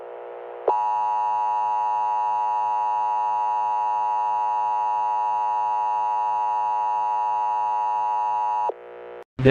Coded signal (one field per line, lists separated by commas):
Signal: Emergency Alert System (SAME) tones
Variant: 853 and 960 Hz attention tone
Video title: EAS Analog Horror- The Smiling Man